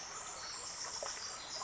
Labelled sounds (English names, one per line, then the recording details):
Pacific Wren
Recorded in Sonoma County, California